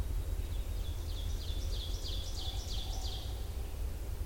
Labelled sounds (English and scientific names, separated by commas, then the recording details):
Ovenbird (Seiurus aurocapilla) song
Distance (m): 40 m
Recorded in boreal forest in Alberta, Canada, on 21 June 2016 at 07:23
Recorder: SongMeter 3, array SBT-6-81
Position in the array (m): 155 m, 248 m
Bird 25